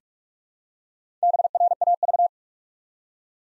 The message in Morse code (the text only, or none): BRAV